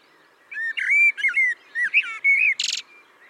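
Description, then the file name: Common blackbird singing one rich, flute-like warbled phrase of several looping notes, closing with a brief shrill chattering flourish. "Turdus merula"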